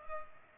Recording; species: mosquito wingbeat signal from an infrared sensor; Culex pipiens